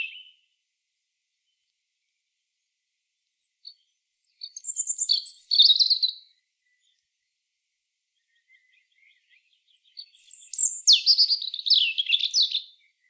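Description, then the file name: European robin giving two short phrases of high, sliding whistles and rapid trills, separated by a few seconds of near silence; no other sounds. "Erithacus rubecula"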